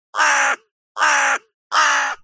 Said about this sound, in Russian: Пролетела над головой ворона. Мне даже показалось, что она ехидно смеется.